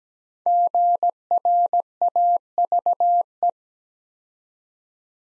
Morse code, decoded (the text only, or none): GRAVE